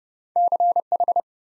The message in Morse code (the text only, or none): CH